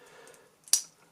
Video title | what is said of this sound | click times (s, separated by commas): Mido Ocean Star Tribute - Reviewed. A magnificent vintage reissue watch. | really nice click | 0.7 s